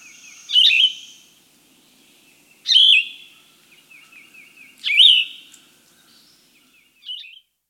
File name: Yellow-throated Vireo